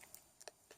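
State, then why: Seated. A fine soldering tip cartridge is pushed into a soldering iron handle until it seats with a small, sharp tick at 0.5 s. A few other faint clicks and taps come before and after it, and no one talks.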